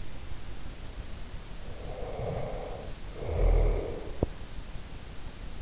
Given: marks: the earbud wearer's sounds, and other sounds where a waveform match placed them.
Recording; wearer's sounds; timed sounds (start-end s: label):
sounds in sleep by an in-ear microphone; snoring breath
1.78-4.10 s: snoring breath